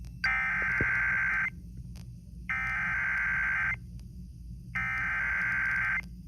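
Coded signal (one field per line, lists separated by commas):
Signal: Emergency Alert System (SAME) tones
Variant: header bursts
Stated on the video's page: Severe thunderstorm warning received on an FM radio station.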